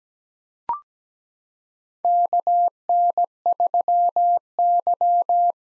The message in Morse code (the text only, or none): KN3Y